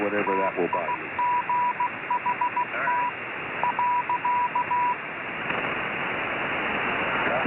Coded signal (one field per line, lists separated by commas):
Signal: Morse code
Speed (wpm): 16 wpm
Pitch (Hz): 980 Hz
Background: speech, radio noise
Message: TIGHT .